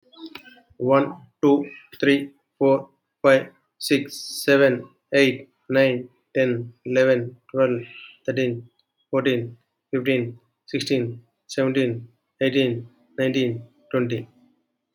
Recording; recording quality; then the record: counting at a normal pace; excellent, no background noise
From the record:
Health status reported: healthy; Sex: male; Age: 45 years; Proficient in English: yes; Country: India